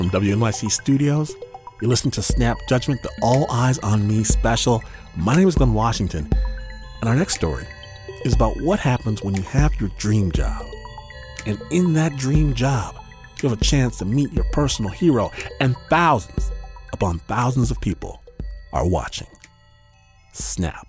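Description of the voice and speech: An adult male radio host speaks fluently and clearly at a lively broadcast pace, introducing a story: ordinary speech.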